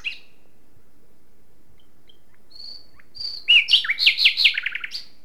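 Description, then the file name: Common nightingale song: quiet, thin whistles after a brief note, then a sudden loud burst of rapid, descending repeated notes that fades at the end. "Luscinia megarhynchos"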